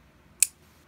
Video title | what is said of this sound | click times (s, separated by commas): WE Rectifier & Practic Buyer’s Guide | nice and it makes a good noise when it pops out | 0.4 s